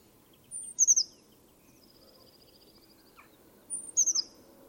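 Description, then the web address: Bird calls: two bursts of very high, sharp descending notes, separated by a faint buzzy high trill. "cianscape. Deverinetal 2025. Bird Only"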